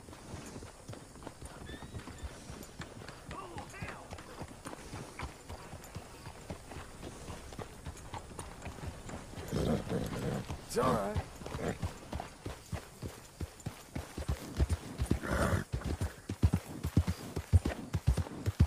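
A horse's hooves clip-clop steadily and evenly, the thuds getting louder and sharper over the last few seconds. Short blurts of a voice or snort come around ten and fifteen seconds, over a soft, constant background hiss.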